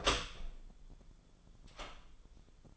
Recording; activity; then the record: daily activity, microphone in the room; open door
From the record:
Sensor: 5